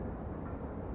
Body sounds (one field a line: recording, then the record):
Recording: background sound without coughing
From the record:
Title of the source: Train Ride Ambience ambient white noise for sleeping, focus, studying, reading